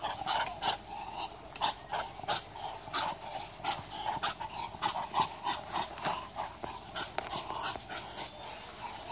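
Muscovy duck giving breathy, hissing huffs in a quick, uneven series of roughly three per second, each a short puff of air, continuing throughout.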